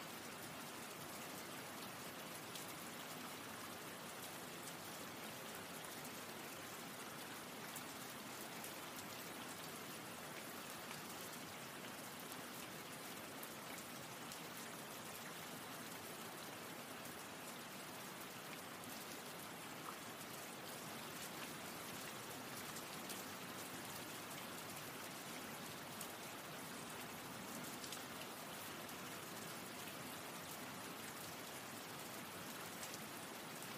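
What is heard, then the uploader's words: Light rain hisses steadily and evenly throughout, a dense patter with faint ticking drops and no clear traffic or street events. Light Rain Road. Light Rain Sounds | City Streets. All Raw and mixed audio recorded on: Focusrite Scarlett CM25, Focusrite Scarlett 2i2 Audio interface. Gentle, Light Rain Sounds.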